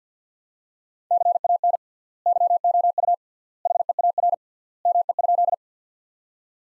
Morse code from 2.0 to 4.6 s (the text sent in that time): YOU HEAR